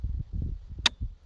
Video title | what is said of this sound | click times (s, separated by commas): Hellfire Stealth Installation and firing | Here, that's the click. | 0.9 s